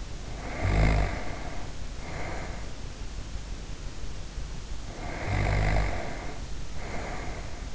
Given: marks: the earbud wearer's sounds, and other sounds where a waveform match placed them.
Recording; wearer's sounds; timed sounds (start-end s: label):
sounds in sleep by an in-ear microphone; snoring breath
0.25-2.75 s: snoring breath
4.70-7.75 s: snoring breath